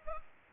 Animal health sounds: mosquito wingbeat signal from an infrared sensor; Culex pipiens

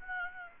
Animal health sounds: mosquito wingbeat signal from an infrared sensor; Aedes aegypti

